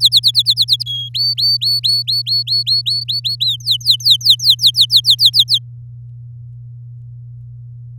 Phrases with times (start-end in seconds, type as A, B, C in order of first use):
0.00-0.83 A, 0.86-1.09 B, 1.14-3.36 C, 3.40-5.59 D